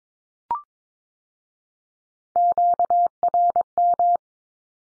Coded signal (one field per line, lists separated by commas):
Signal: Morse code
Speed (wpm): 22 wpm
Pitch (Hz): 700 Hz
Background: none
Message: QRM